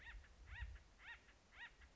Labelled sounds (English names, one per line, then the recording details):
Acorn Woodpecker
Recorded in Sonoma County, California